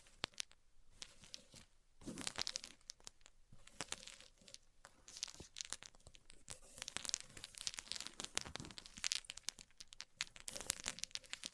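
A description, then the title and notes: A band-aid is peeled off in bursts of crackly, papery tearing and crinkling, with louder rips near two, five and ten seconds. ASMR Ripping Off the Band Aid (No Talking).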